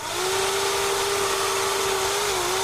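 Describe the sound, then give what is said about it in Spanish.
A chainsaw runs steadily for a few seconds, its loud motor holding one droning pitch over a harsh, buzzing roar, with no voices. “Ni que decir tiene que los concursantes irán armados con motosierras y estarán entrenados para acabar con el enemigo, tal y como pasaba en los juegos originales.”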